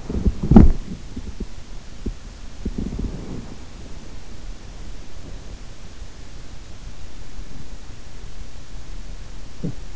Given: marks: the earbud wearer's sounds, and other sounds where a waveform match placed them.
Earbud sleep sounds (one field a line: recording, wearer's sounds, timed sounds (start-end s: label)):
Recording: sounds in sleep by an in-ear microphone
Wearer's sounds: breath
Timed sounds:
0.00-3.52 s: breath
9.55-9.81 s: sound from someone else or the room